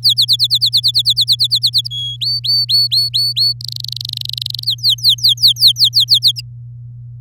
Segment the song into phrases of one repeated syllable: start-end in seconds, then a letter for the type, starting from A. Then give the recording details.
0.02-1.88 A, 1.90-2.17 B, 2.21-3.53 C, 3.61-4.64 D, 4.66-6.41 E. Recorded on 9 May 2018 at 13:45. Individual llb16